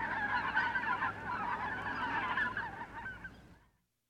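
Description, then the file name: Goose: geese honking together in a steady stream of overlapping nasal calls that fade out abruptly near the end. "gänse"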